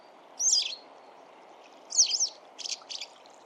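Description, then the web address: Bird calls, two slurred high chirps followed by a pair of shorter notes, over steady background noise. "birddata Bird Only"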